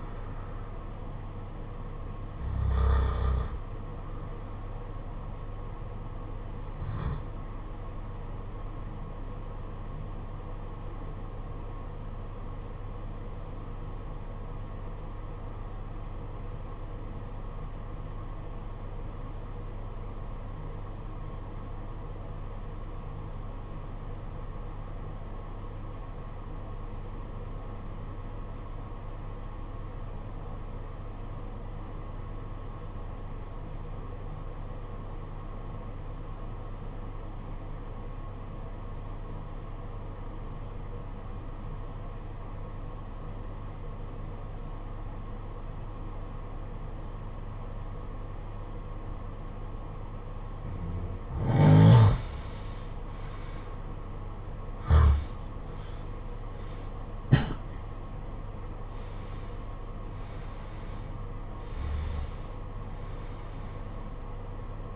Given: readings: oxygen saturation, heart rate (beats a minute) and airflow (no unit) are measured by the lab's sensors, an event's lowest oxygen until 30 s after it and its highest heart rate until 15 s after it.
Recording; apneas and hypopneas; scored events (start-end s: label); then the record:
breathing in sleep by a smartphone at the bedside; 1
8.00-64.96 s: new sleep stage, N2 (light sleep)
13.00-52.00 s: obstructive apnea (N2, oxygen 95% highest, then 79% lowest, heart rate 48 at the start, 76 highest)
From the record:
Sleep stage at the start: N1 (lightest sleep); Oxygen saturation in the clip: 82 to 95%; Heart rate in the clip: 48 to 76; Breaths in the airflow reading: 8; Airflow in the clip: -16.2 to 17.3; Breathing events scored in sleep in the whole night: 476 in 9.7 hours asleep